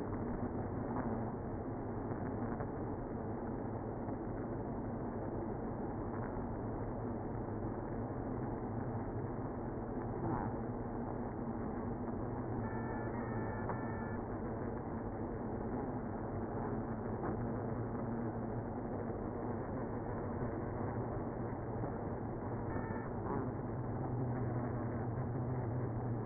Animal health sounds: honeybee colony, microphone inside the hive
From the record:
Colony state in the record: queenless (queen removed); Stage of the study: after two queens were removed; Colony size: about 60,000 bees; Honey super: yes

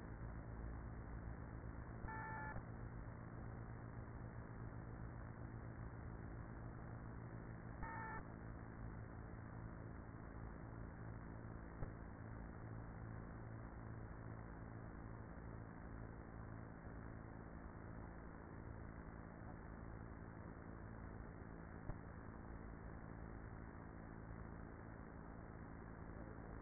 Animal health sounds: honeybee colony, microphone inside the hive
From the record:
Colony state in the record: queenless with a low population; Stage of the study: after two queens were removed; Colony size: about 30,000 bees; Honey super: no

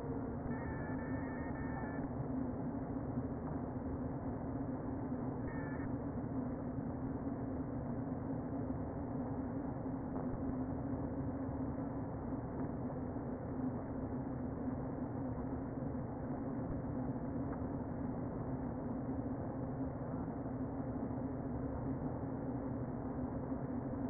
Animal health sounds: honeybee colony, microphone inside the hive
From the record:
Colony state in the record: queen present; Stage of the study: before two queens were removed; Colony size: about 60,000 bees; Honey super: yes

